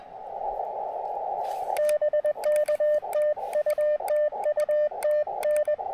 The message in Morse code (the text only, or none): BK TU TU TN